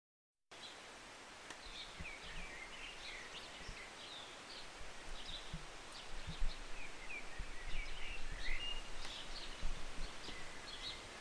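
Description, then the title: Bird chirps and twittering phrases scattered through, short rising and falling notes over constant rain hiss with occasional sharp drip clicks. Birds singing and chirping on a Sunday morning during short rain, heard from a city balcony. "Rainy Morning with Birds Chirping"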